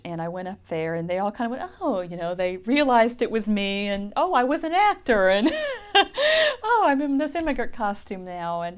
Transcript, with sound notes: And I went up there and they all kind of went, "Oh," you know. They realized it was me and, oh, I was an actor and (she laughs) and, oh, I'm in this immigrant costume now.